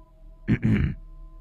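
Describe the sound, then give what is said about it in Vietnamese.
A quick, gruff throat clearing in two rough bursts, the second longer, low and raspy, with no talking around it. “Thằng Thật hắng giọng nói tiếp.”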